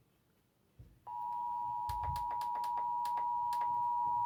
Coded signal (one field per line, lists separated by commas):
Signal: Emergency Alert System (SAME) tones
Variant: 853 and 960 Hz attention tone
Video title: TV EAS: Tsunami Drill - Required Monthly Test 3/24/21 (EAS #160)